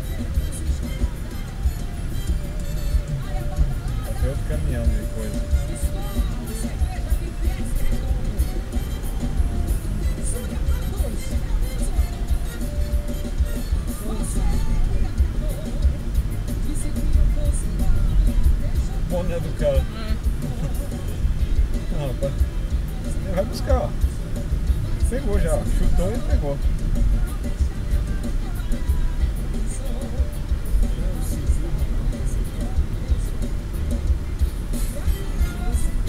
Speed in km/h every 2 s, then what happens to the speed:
38, 43, 49, 52, 56, 57, 54, 54, 53, 52, 51, 52, 52, 52, 56, 58, 61, 62.
0-9 speeds up to 57. 9-21 steady at about 53. 21-36 speeds up to 62.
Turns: none.